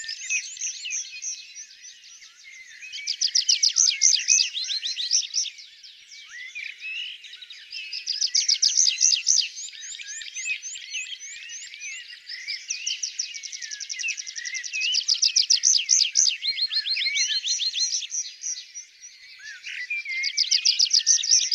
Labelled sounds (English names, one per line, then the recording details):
Tree Pipit song
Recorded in the wild
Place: Oberrotweil am Kaiserstuhl / Weinberge, Baden-Württemberg, DE
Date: 1992-05-07
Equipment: Dat-Recorder Casio DA 7, Telinga DAT, Telinga-Parabolspiegel
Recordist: Schwarz, Dieter